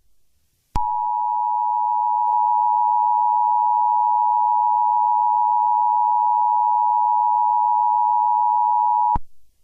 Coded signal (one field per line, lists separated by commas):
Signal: Emergency Alert System (SAME) tones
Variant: 853 and 960 Hz attention tone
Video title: Disney Channel Fish Hooks EAS Incident (August 3, 2012)